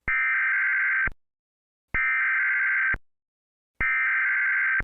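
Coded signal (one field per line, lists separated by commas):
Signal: Emergency Alert System (SAME) tones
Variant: header bursts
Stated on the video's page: Fictional EAS scenario, not a real alert.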